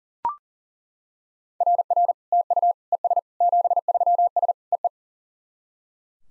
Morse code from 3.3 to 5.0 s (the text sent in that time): 73S EE